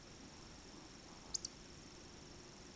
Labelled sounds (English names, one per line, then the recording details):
Eurasian Woodcock whistle
Eurasian Woodcock croak
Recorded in Baden-Württemberg, Germany, on 9 June 2021 at 20:20 UTC
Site 25175, 602 m above sea level